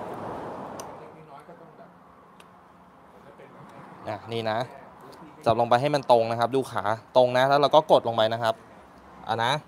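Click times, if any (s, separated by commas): none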